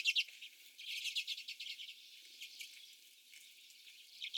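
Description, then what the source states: Common redpolls giving short bursts of dry, rapid twittering notes, with brief quieter gaps between the bursts. Several birds.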